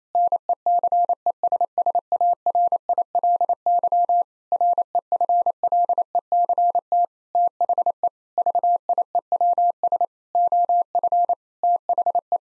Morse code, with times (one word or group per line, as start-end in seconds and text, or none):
0.1-4.2 NECESSARILY
4.5-7.0 REFLECT
7.3-8.1 THE
8.4-10.1 VIEWS
10.3-11.3 OF
11.6-12.4 THE